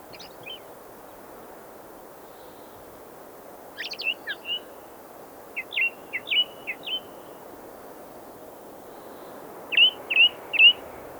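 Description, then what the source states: Redwing song: short bursts of clear, slurred whistled notes in separate phrases, with a quiet pause before a final series of three quick, similar notes, over steady low background noise. Listed among Greenland's birds, in a thrush category.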